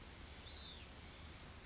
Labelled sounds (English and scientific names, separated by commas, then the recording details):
Hutton's Vireo (Vireo huttoni)
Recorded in Sonoma County, California